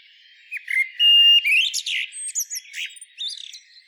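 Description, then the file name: Common blackbird song with a clear, steady held whistle early on, then sliding fluty notes and short squeaky twitters scattered through the rest of the phrase. "Turdus merula"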